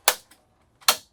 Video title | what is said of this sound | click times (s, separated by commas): Ride Along: Winnebago View 24D Walkthrough | they pop to lock into place. That's cool. | 0.1 s, 0.9 s